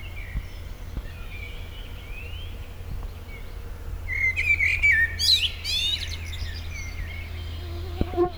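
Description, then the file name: Common blackbird song phrase: a few faint notes, then a warbled mid-pitched phrase near the middle that breaks into a burst of high, squeaky twittering, over a steady low hum. "Turdus merula"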